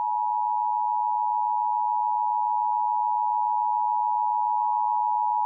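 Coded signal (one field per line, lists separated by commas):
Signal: Emergency Alert System (SAME) tones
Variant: 853 and 960 Hz attention tone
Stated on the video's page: Pennsylvania Required Monthly Test received as a real broadcast.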